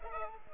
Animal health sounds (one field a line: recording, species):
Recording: mosquito wingbeat signal from an infrared sensor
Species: Culex pipiens